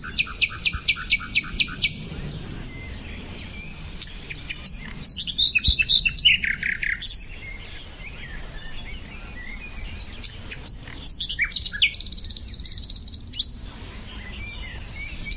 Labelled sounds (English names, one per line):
Common Nightingale song